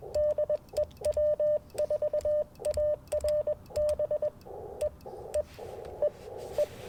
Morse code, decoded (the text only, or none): DE W4ARB E E E E